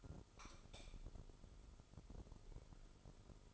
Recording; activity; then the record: daily activity, microphone in the room; light off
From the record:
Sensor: 5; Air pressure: 988.5 hPa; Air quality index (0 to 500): 217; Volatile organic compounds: 117 ppm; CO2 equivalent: 3858 ppm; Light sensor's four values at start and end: 45/136/53/57 and 44/131/51/54